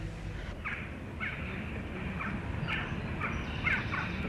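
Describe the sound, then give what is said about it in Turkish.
Crows caw and squabble in a rapid series of harsh, raspy calls, some overlapping, at moderate loudness over a steady low rumble. “Ne istiyor bu kargalar? Kavga ediyorlar.”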